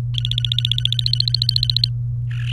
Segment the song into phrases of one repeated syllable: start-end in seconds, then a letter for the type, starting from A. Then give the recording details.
0.14-1.89 A, 2.31-2.53 B. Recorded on 23 April 2018 at 17:42. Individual llb3